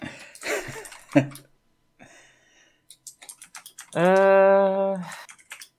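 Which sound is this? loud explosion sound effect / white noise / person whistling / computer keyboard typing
computer keyboard typing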